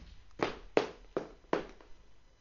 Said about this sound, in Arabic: يا من تطرق الباب انتظر.